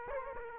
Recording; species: mosquito wingbeat signal from an infrared sensor; Aedes aegypti